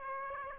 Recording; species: mosquito wingbeat signal from an infrared sensor; Aedes aegypti